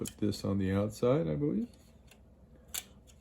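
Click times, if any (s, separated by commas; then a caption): 2.8 s. On a Honda Odyssey, the outer brake pad is pressed into the caliper bracket onto the pad abutment clips while someone talks. After a faint tap near 2.1 s, a sharp metallic click sounds at 2.8 s as the pad locks into place, seated.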